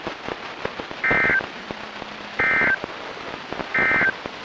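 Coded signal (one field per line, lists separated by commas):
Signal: Emergency Alert System (SAME) tones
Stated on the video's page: Flood and winter storm warnings from the Sterling, Virginia office, heard on NOAA Weather Radio stations KHB36, WXM42 and KEC83.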